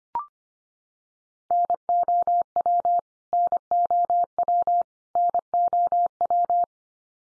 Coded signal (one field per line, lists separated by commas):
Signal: Morse code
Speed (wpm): 25 wpm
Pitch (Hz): 700 Hz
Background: none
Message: NOW NOW NOW